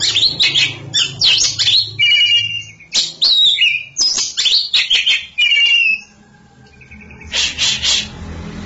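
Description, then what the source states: Oriental magpie-robin singing rich, fast sequences of whistles and harsh chirps, trailing into softer notes before a final energetic burst. Champion songbird.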